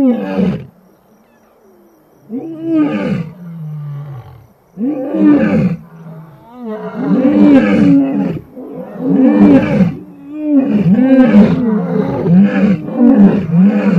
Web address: lion